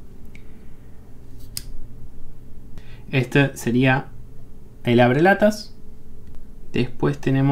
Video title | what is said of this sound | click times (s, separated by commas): Leatherman Garage - Batch #005 - 40 Aniversario | para destrabar tenemos que volver a apretar y ahí se destraba esto | 1.6 s